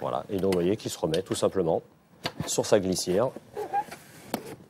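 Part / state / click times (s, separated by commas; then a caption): air filter into ventilation unit slide / seated / 4.3 s. The fresh-air filter of a Duolix Max ventilation unit is slid back onto its rail while someone talks. A sharp click at 4.3 s marks the filter snapping into place, seated in its slide.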